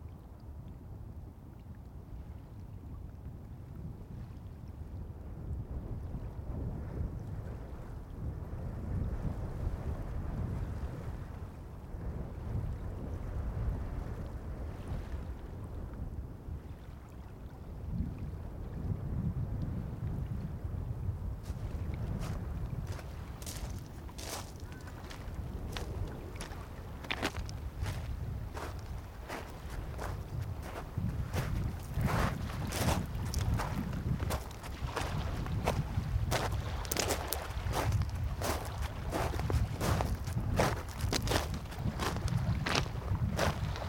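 Wind rumbles low and gusty, swelling and easing over the first twenty seconds. From about 21 seconds, sharp crackling pops and splashy bursts start to break through, growing denser and brighter until the end, while the heavy low roar continues underneath.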